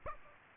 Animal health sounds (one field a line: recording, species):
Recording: mosquito wingbeat signal from an infrared sensor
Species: Aedes aegypti